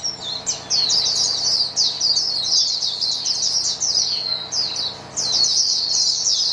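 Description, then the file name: White-eye chorus: many high, quick chirping phrases run together in a busy, unbroken twitter, pausing briefly near the start and again around five seconds. "paduan suara pleci"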